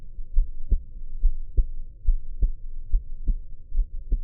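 Muffled, low, steady thumps at about 71 beats a minute, each main beat trailed by a softer second sound. This is an adult heartbeat picked up by the ear of a dummy-head microphone pressed against the chest, with a faint low hum underneath.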